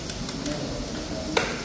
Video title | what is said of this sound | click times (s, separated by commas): HOW TO USE ROTARY EVAPORATOR | yun. So, nag-click na siya. Tanggal na siya doun sa pagkakaock. | 1.4 s